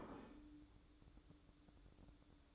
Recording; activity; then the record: daily activity, microphone in the room; place plate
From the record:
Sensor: 3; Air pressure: 1007.4 hPa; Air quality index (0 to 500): 59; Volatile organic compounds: 1 ppm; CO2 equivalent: 606 ppm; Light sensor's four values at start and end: 10/24/9/10 and 10/24/9/10